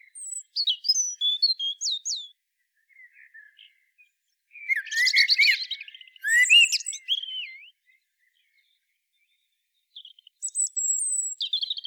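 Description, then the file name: Common blackbird song, high squeaky twittering phrases with upward sweeps, then a dense warbled burst around five seconds and a further thin twitter near the end. "Turdus merula"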